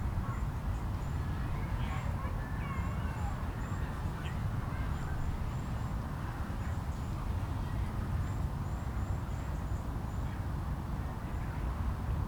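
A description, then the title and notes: Families fill a park with a steady murmur of overlapping voices over a constant low rumble. Short, high bird chirps repeat every second or so throughout, with a few brighter calls and voices rising briefly near the start. Captured in a country park on Boxing day. Families are filling the park and children are trying their new bicycles.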